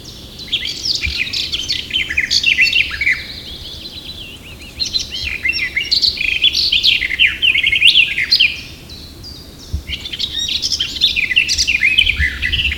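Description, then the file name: Eurasian blackcap giving fast, varied warbling phrases of chattering and fluty notes, three long bursts separated by brief gaps. "Sylvia atricapilla"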